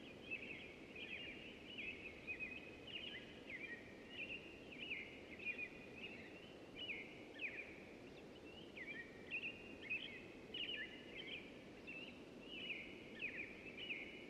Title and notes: Dawn chorus in a temperate deciduous forest, from quiet air broken by awakening American Robins. Spring season. Recorded in the beautiful Pacific Northwest in Washington, United States